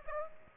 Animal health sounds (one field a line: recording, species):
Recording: mosquito wingbeat signal from an infrared sensor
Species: Aedes aegypti